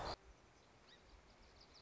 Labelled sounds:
Song Sparrow
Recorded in Sonoma County, California

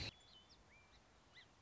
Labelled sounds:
Song Sparrow
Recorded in Sonoma County, California

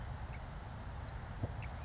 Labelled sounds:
Savannah Sparrow
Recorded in Sonoma County, California

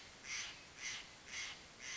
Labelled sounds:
Steller's Jay
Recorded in Sonoma County, California

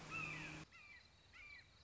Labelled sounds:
Red-shouldered Hawk
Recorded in Sonoma County, California

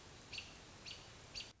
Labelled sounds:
American Robin
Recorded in Sonoma County, California

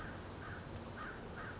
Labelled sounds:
American Crow
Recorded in Sonoma County, California

